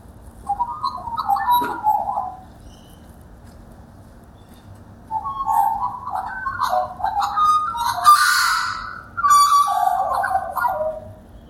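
Magpie warbling: mellow, gurgling, fluting phrases with a pause between them, and a brief harsh, noisy burst in the middle of the second phrase.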